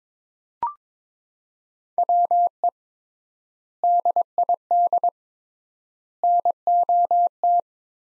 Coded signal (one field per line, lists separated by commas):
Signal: Morse code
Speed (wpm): 22 wpm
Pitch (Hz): 700 Hz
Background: none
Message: WE DID NOT